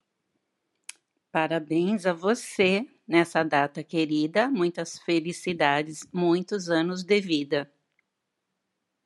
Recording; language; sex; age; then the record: short text; Brazilian Portuguese; female; 60 to 69 years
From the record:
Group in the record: control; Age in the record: 62 years